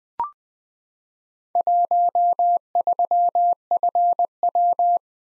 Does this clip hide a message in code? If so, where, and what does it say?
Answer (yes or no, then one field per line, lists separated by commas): yes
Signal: Morse code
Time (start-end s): 1.6-5.0 s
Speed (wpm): 20 wpm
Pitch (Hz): 700 Hz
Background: none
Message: 13FW